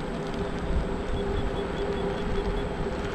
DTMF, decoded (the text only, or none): none